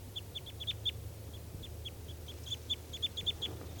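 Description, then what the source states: Crossbills giving short, sharp chip calls in quick irregular bursts over a steady low hum. Three crossbills calling in trees near a net, seemingly about to take off; one had earlier escaped.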